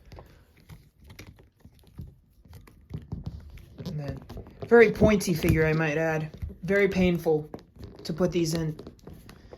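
A second hand is handled and pushed toward the wrist peg of a plastic McFarlane DC Multiverse Beast Boy action figure while someone talks. Faint plastic ticks and taps are heard. Nothing has seated or clicked yet.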